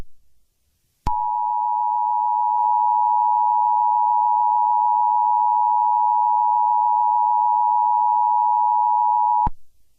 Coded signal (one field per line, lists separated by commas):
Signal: Emergency Alert System (SAME) tones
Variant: 853 and 960 Hz attention tone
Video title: Eas Scenario 017 - Cloudy With a Chance of Meatballs￼